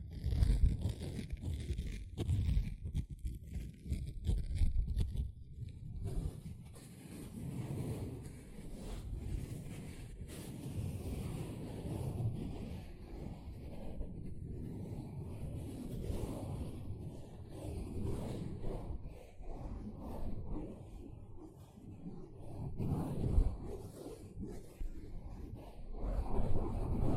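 A sponge is worked by hand, giving a dense, rough run of scratching and squishing that is mostly low and muffled. The rubbing is continuous with uneven surges, including sharper ticks in the first few seconds and stronger pushes near 5, 23 and 26 seconds.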